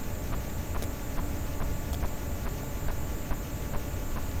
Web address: Physeter Macrocephalus clean cachalot